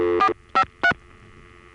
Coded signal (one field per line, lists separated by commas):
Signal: DTMF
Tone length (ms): 80 ms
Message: 453